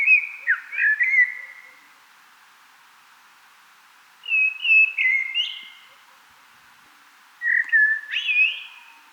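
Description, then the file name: Common blackbird singing three rich warbled phrases, each a low fluted whistle that breaks into a sharp, higher-pitched flourish, with short pauses between. "Turdus merula"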